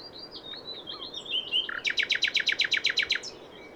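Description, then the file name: Common nightingale song: thin whistles, then a loud run of rapid, evenly repeated notes. "Luscinia megarhynchos"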